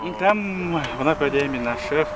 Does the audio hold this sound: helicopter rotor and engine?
no